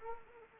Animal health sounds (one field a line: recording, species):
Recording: mosquito wingbeat signal from an infrared sensor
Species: Anopheles arabiensis